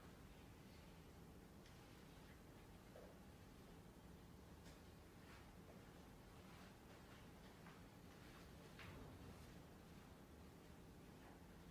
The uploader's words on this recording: Glasgow library. (university of glasgow).